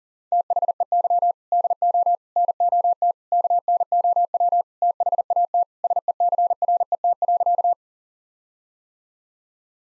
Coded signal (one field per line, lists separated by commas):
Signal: Morse code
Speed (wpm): 40 wpm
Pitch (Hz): 700 Hz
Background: none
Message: THEY DO NOT KNOW THAT SECRET.